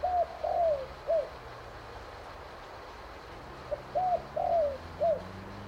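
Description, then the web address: Spotted dove repeating its coo phrase twice, each with a drawn-out falling middle note, separated by a few seconds of quiet hiss and low rumble. "Sound Effects-Foundation 1 BIRD SPOTTED TURTLE DOVE CALL"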